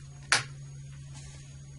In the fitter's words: the snapping sound indicates that the shrip is locked in position